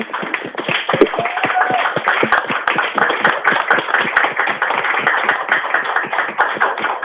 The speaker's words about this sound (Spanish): Sí, un aplauso para las chicas.